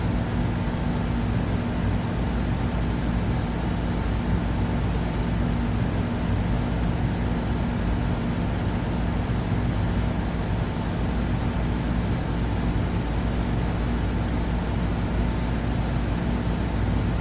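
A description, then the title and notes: An air conditioner runs at a constant level, giving off a dense, even whoosh with a strong low hum and a few steady tonal lines underneath. Nothing changes over the full stretch; the sound is unbroken, with no separate events. Sleeping Sounds White Noise Air Conditioner.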